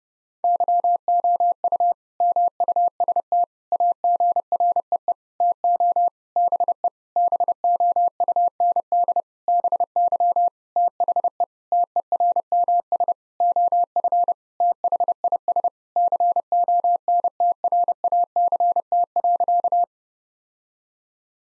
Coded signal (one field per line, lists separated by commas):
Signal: Morse code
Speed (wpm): 30 wpm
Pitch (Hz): 700 Hz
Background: none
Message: YOU MUST AGREE TO BE BOUND BY THE TERMS OF THIS CONTRACT.